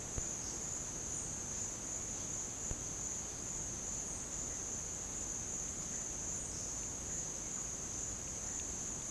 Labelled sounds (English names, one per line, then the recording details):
none
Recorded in pastures near Puerto Asís, Putumayo, Colombia, on 29 June 2025 at 12:30
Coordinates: 0.496, -76.326
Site GP01